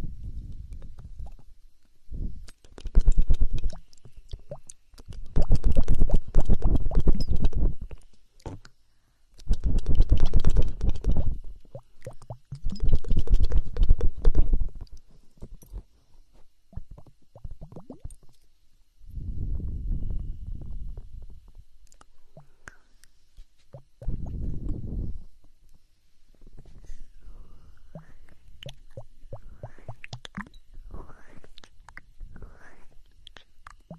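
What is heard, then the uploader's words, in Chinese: Ear-cleaning sounds by two people: loud, scratchy rubbing bursts with a deep rumble come in clusters from about 3 to 15 seconds, then shorter muffled bursts near 20 and 25 seconds. After that, quieter crackles and soft taps continue. 双人采耳。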